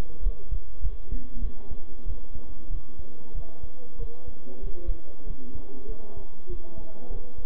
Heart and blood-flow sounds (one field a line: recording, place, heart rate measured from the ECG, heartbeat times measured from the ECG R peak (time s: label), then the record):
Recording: heart sounds by stethoscope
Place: between the tricuspid and mitral areas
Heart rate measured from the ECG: 96 bpm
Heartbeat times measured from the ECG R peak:
0.21 s: heartbeat
0.81 s: heartbeat
1.40 s: heartbeat
2.05 s: heartbeat
2.69 s: heartbeat
3.34 s: heartbeat
3.98 s: heartbeat
4.62 s: heartbeat
5.25 s: heartbeat
5.87 s: heartbeat
6.48 s: heartbeat
7.09 s: heartbeat
From the record:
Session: bicycle stress test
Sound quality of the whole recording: good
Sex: male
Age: 23 years